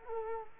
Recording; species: mosquito wingbeat signal from an infrared sensor; Culex quinquefasciatus